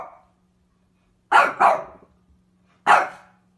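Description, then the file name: Dog barks: a fast double bark followed by a single one, over a low steady hum. Cute dog barking. "Tieng cho sua de thuong dang yeu"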